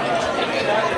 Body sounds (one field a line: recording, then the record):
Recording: background sound without coughing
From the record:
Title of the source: CITY SOUNDS Busy Bar in the Evening Night - 2 HOURS of Ambiance for Relaxation